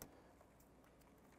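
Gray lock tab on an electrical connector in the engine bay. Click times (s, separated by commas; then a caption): 0.0 s. A small gray plastic lock tab on an electrical connector in the engine bay of a 2006-2013 Chevrolet Impala is pressed down during a radiator replacement, after the connector has been pushed on. One sharp click is heard at 0.0 s as the tab latches, followed by a low, steady background noise. The lock tab is seated and locked down.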